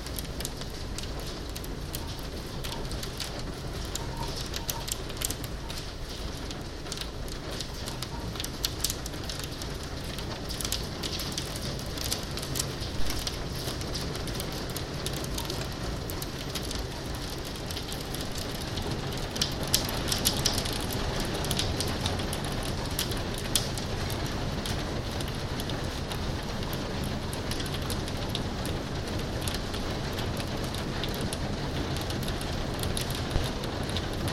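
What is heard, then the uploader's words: Hail rattles steadily against a window, a dense, even patter of small hard hits with no pauses across the whole stretch. Brighter clusters of sharper ticks stand out around the middle. Underneath runs a low, constant rumble. Hail against my window. Hagel tegen mijn raam.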